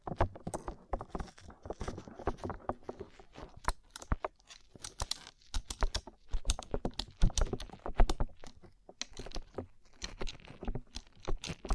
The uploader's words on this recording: ASMR Rhinestone Covered Tapping 3Dio (No Talking).